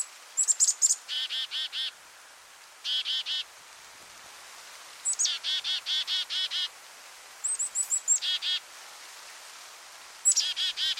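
Bird song in repeated phrases: sharp high notes dropping into strings of several buzzy, harmonic notes, separated by brief pauses, with little background noise.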